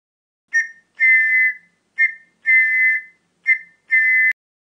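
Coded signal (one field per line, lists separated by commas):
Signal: whistle signal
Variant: Scout field game signals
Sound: six shrill whistle blasts alternating short and long, three pairs of short then long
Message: short, long, short, long, short, long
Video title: Whistle signals | signaling for scouts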